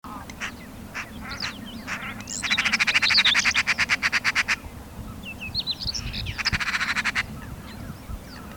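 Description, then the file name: Eurasian magpie rattling chatter, a long loud burst of fast harsh notes followed by a shorter one, over scattered high chirps. "Pica pica"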